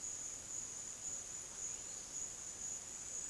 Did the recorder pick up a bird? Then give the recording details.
no. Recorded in dense forest near Puerto Asís, Putumayo, Colombia, on 24 June 2025 at 09:00. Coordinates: 0.484, -76.325. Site H65